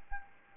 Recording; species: mosquito wingbeat signal from an infrared sensor; Anopheles arabiensis